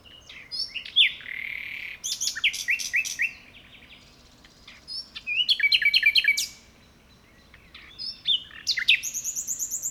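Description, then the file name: Common nightingale song, rich varied phrases with fast rattling trills, chirps and high whistled notes, each burst followed by a brief silence. "Luscinia megarhynchos"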